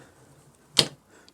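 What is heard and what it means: A steel drop-in indexing pin is dropped back into an indexing head after the head has been rotated round to the next position. Against a quiet background, one sharp metallic hit at 0.8 s rings briefly and fades, followed by a faint tick near 1.3 s. The pin has seated, locking the head in its new position.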